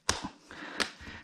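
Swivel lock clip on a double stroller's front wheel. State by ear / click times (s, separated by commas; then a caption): seated / 0.1 s. The plastic swivel-lock clip on the front wheel of a Baby Jogger City Mini 2 Double or City Mini GT2 Double stroller is pushed down to lock the wheel so it no longer swivels. It gives a sharp, bright click at 0.1 s, followed by a softer rustle and another sharp snap at 0.8 s. The wheel locks into place.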